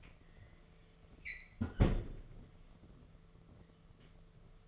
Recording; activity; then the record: daily activity, microphone in the room; close fridge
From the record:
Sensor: 4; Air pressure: 1015.9 hPa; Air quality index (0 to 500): 192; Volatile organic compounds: 10 ppm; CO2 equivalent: 2222 ppm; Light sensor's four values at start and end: 8/18/7/7 and 11/26/10/10